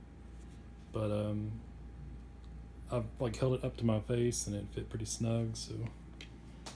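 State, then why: Seated. Someone talks while pressing a soft, thin magnetic foam face cushion onto the front faceplate of a Valve Index VR headset. The cushion is held in place by a magnet and snaps on with a sharp click at 6.2 s, seated and fitting snugly.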